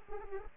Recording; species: mosquito wingbeat signal from an infrared sensor; Anopheles arabiensis